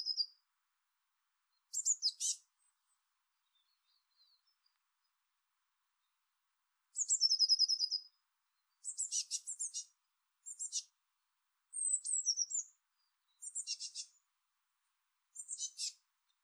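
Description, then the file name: Eurasian blue tit calls: high thin notes followed by fast trilled phrases, repeated in bursts with short gaps, including buzzy scolding churrs, on a silent background. "Cyanistes caeruleus"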